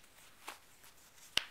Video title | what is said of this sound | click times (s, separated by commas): SCOTTEVEST XAE Christmas Unboxing Contest - Essential Travel Jacket for Men | see that lock in you hear it locked it has a magnets there that keep that closed now | 1.4 s